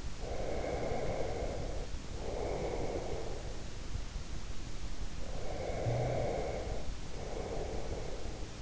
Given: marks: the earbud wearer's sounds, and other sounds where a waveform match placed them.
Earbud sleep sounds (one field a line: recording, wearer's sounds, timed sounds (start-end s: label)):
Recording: sounds in sleep by an in-ear microphone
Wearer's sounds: breath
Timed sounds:
0.00-3.70 s: breath
5.07-8.41 s: breath